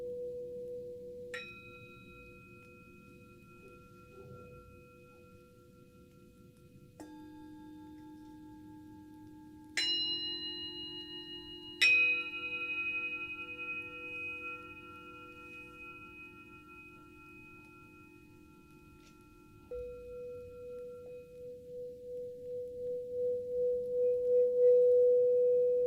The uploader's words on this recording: ASMR Tibetan singing bowl.